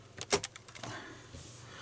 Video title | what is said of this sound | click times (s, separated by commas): Star Trek: Build The Enterprise D. Stage 31.2 Assembly. By Fanhome/Eaglemoss/Hero Collector. | it doesn't hold in properly you hear the click it doesn't hold that well | 0.4 s